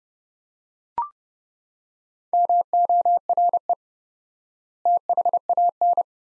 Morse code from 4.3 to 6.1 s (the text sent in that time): THAN